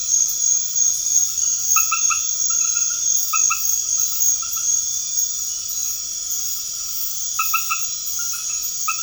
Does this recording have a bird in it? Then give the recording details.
no. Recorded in pastures near Puerto Asís, Putumayo, Colombia, on 21 March 2025 at 21:30. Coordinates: 0.502, -76.324. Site GP07